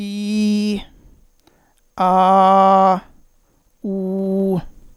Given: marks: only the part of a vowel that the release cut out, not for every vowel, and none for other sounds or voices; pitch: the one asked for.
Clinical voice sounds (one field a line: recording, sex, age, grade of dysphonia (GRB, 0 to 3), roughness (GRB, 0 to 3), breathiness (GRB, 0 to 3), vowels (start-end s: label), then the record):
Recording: sustained vowels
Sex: male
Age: 40 to 49 years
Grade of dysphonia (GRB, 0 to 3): 0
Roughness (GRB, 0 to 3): 0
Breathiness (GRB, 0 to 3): 0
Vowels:
0.00-0.73 s: vowel /i/, normal pitch
2.03-2.91 s: vowel /a/, normal pitch
3.88-4.54 s: vowel /u/, normal pitch
From the record:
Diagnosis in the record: contact pachydermia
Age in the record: 46 years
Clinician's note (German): Kontaktpachydermie ohne "Kontaktpachydermie", Verdacht auf Reflux